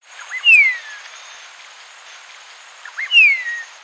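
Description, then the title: Bird song: a clear whistled phrase sliding down in pitch, given twice about two and a half seconds apart, over a steady faint hiss. "LuckyPassaro Completos2Sama"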